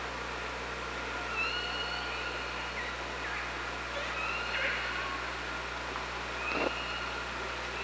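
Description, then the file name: Killer whale calls, several tonal upsweeps and flat whistled contours in a high register, spaced over a few seconds, above steady underwater hiss and a low hum. Hydrophone at OrcaLab, 24 August 2017, around 15:31. "Orca Lab 20170824 153113"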